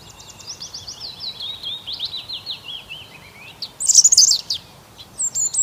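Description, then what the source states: Bird song, a long run of fast, repeated high notes gliding downward, then a loud jumbled chirping burst and a high whistled note. Birds singing on an early spring morning.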